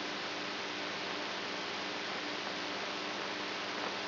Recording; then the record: brain microelectrode recording played as sound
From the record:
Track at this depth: outside the subthalamic nucleus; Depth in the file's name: 7.304 mm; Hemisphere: right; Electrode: 3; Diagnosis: Parkinson's disease